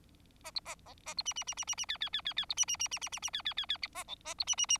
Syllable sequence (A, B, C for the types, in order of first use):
A B A A A B C C C C C C D D D D D B C C C C C C C D D D D A E A B C C C